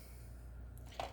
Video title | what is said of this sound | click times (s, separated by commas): Westcott Ceramic Cutter: Safety and Sharpness Combined | now what now that we flipped it around I know it's locked in the place | 1.0 s